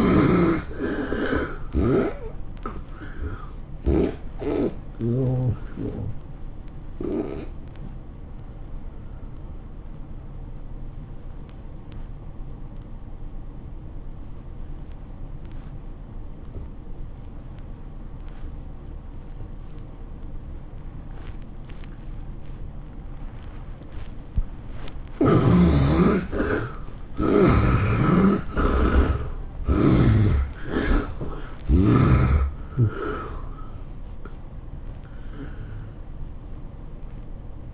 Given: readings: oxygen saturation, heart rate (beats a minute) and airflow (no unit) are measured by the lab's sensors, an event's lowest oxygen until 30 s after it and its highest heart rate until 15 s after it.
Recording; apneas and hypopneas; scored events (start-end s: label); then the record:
breathing in sleep by a smartphone at the bedside; 1
12.00-26.60 s: obstructive apnea (N2, oxygen 96% highest, then 67% lowest, heart rate 98 at the start, 112 highest)
33.00-37.74 s: new sleep stage, N1 (lightest sleep)
From the record:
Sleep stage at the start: N2 (light sleep); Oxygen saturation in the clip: 69 to 96%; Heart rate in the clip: 84 to 112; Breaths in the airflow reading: 7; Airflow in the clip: -14.8 to 12.1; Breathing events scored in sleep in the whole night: 403 in 5.5 hours asleep